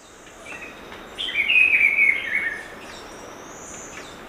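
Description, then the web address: Black-billed peppershrike singing one rich, warbled phrase of slurred notes lasting about a second, over a steady background hiss. Ecuador. "Natures Songs S America Birds of Ecuador Black-billed Peppershrike"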